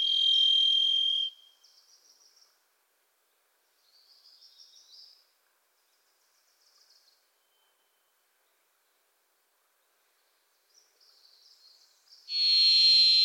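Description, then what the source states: Varied thrush singing single drawn-out buzzy whistles, one opening and one closing the stretch, with soft high chips and chatter from another bird in the quiet gap between. Wild bird in Pacific Northwest forest; its voice is likened to crying "Listen. Listen."; a Wilson's Warbler sings alongside.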